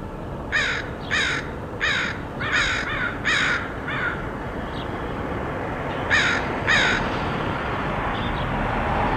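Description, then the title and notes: Crow cawing, a rapid burst of several rough caws, a pause, then two more caws, over constant low background noise. Crows recorded in Portland, Oregon, USA, in August 2003. "Crows of Portland. Crows recorded by Dan Bodah in Portland, OR, August 2003"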